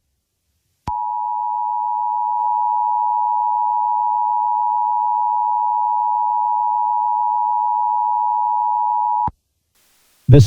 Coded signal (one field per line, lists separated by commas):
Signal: Emergency Alert System (SAME) tones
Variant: 853 and 960 Hz attention tone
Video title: EAS Scenario #7: Code Blue